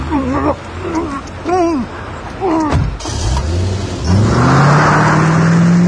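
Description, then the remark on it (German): Agitated voices call out over a low rumble, then a car engine revs up with a steadily climbing pitch and holds a loud, sustained roar as the vehicle pulls away. “Auto fahren können Sie in diesem Nest.”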